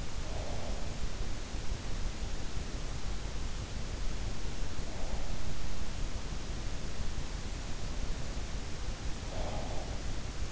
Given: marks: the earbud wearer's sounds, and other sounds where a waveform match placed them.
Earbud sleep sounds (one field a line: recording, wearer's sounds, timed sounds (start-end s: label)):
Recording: sounds in sleep by an in-ear microphone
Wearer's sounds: breath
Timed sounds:
0.00-1.15 s: breath
8.52-10.51 s: breath